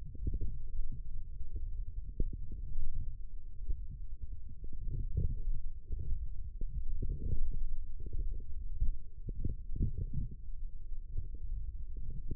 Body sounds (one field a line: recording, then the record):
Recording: forearm muscle sounds (acoustic myography)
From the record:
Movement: forearm supination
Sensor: system 1, eight BSWA MPA416 microphones around the upper forearm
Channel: 2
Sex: male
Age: 20 years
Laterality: left